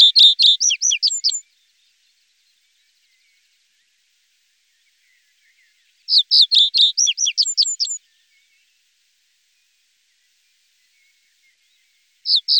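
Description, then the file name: Common reed bunting song: short phrases of several sharp, chirpy notes lasting up to about two seconds, repeated every six seconds or so, with silence between. "bruant des roseaux"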